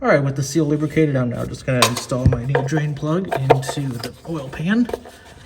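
A new quarter-turn oil drain plug with a lubricated seal is being installed into the engine oil pan of a 2018 Ford F-150 2.7L, while someone talks over light metallic handling sounds. The plug is meant to be turned until it clicks tight, with tabs on the plug lining up against tabs on the pan. Nothing has seated or clicked yet.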